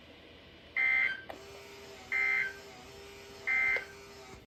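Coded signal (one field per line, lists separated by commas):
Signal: Emergency Alert System (SAME) tones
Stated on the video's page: Tornado Watch from NOAA weather radio station.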